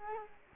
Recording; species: mosquito wingbeat signal from an infrared sensor; Culex quinquefasciatus